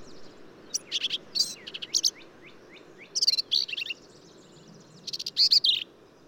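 Black-capped vireo delivering quick, harsh, squeaky phrases of varied notes in bursts, with light background hiss.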